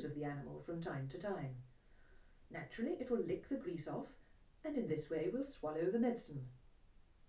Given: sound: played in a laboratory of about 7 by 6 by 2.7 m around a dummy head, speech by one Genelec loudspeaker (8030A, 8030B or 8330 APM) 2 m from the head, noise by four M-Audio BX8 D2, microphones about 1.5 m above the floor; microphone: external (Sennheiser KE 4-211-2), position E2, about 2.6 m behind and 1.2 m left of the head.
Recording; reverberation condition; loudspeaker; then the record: female speech in English; low; 60 degrees to the left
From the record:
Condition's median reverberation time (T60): about 310 ms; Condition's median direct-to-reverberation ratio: about 3.5 dB